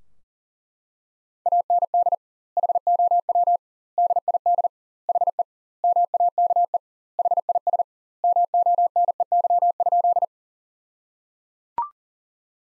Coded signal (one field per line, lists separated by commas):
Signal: Morse code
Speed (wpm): 37 wpm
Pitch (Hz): 700 Hz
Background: none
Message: AND HOW DID HE MAKE HIS MONEY?